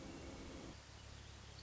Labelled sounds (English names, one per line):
Hermit Thrush